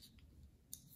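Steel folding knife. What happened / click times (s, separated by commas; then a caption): The folding blade swung open and locked / 0.7 s. The lock on a folding pocket knife is pulled back and a flick of the wrist swings the steel blade open into its locked-open position in the handle. After faint ticks near 0.0 and 0.2 s, a sharp, bright click at 0.7 s marks the blade locking into place, seated and locked open.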